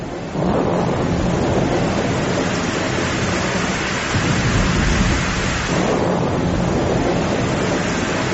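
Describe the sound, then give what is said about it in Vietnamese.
Heavy rain pours in a dense, steady roar while deep thunder rumbles and swells beneath it, with a stronger rolling surge in the middle. No voices are heard. A sudden thunderstorm with lightning, the rain falling only over the eastern part of a forest on Mount Lu. “Sao tự nhiên trời nổi sấm chớp mưa vậy?”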